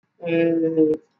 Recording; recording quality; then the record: sustained vowel as in made; excellent, no background noise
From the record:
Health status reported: exposed to COVID-19, no respiratory illness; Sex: male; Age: 24 years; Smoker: no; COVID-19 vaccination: both doses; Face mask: worn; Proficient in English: yes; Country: India